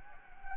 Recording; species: mosquito wingbeat signal from an infrared sensor; Anopheles gambiae